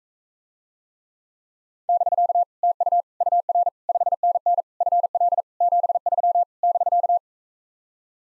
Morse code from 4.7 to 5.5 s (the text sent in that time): FL